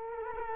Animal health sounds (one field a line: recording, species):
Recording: mosquito wingbeat signal from an infrared sensor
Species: Culex quinquefasciatus